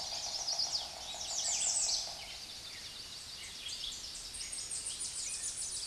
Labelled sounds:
American Redstart (Setophaga ruticilla) song
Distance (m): 10 m
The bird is about 5 m below the microphone
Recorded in a Pennsylvania forest on 16 May 2024 at 06:12
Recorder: AudioMoth, point MSD-0526
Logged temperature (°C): 16.6 °C
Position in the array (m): 110 m, 225 m

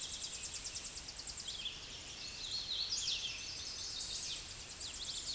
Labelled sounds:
Hooded Warbler (Setophaga citrina) song
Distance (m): 30 m
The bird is about 10 m above the microphone
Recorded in a Pennsylvania forest on 16 May 2024 at 08:13
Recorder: AudioMoth, point MSD-2039
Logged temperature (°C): 15.0 °C
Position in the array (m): 99 m, 92 m

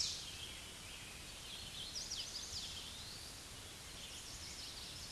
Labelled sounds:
Hooded Warbler (Setophaga citrina) song
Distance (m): 30 m
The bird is about 5 m above the microphone
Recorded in a Pennsylvania forest on 16 May 2024 at 09:39
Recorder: AudioMoth, point MSD-2429
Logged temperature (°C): 16.7 °C
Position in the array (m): 126 m, 97 m

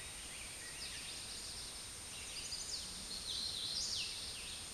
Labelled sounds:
Hooded Warbler (Setophaga citrina) song
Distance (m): 30 m
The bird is about 20 m above the microphone
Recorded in a Pennsylvania forest on 16 May 2024 at 09:43
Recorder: AudioMoth, point MSD-0398
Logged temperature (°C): 16.4 °C
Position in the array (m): 145 m, 114 m

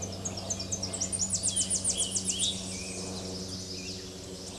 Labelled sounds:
Tennessee Warbler (Leiothlypis peregrina) song
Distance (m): 30 m
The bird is about 10 m above the microphone
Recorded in a Pennsylvania forest on 16 May 2024 at 08:06
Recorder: AudioMoth, point MSD-0407
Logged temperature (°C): 15.8 °C
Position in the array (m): 55 m, 188 m

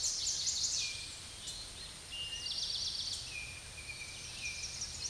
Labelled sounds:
Eastern Towhee (Pipilo erythrophthalmus) song
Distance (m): 35 m
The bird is about 5 m above the microphone
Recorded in a Pennsylvania forest on 16 May 2024 at 06:37
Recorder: AudioMoth, point MSD-2494
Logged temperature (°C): 15.6 °C
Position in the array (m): 202 m, 141 m

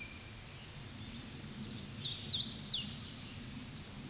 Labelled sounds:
Hooded Warbler (Setophaga citrina) song
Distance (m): 35 m
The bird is about level with the microphone
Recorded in a Pennsylvania forest on 16 May 2024 at 07:20
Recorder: AudioMoth, point MSD-0690
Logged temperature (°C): 16.0 °C
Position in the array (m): 166 m, 116 m

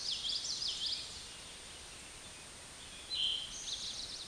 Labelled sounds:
Eastern Towhee (Pipilo erythrophthalmus) song
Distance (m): 15 m
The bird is about 5 m above the microphone
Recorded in a Pennsylvania forest on 16 May 2024 at 09:09
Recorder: AudioMoth, point MSD-2453
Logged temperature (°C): 16.3 °C
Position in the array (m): 203 m, 176 m

